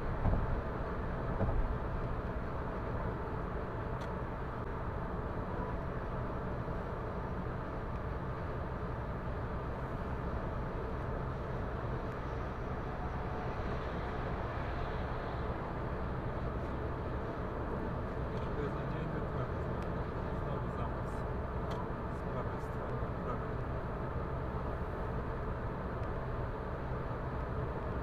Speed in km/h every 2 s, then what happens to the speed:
115, 115, 115, 115, 115, 115, 115, 115, 115, 115, 115, 115, 115, 115.
0-28 steady at about 115.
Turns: none.